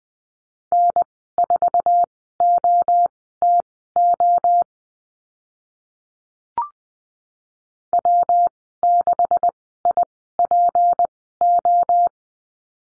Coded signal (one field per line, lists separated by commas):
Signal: Morse code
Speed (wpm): 20 wpm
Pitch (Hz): 700 Hz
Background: none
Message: N4OTO W6IPO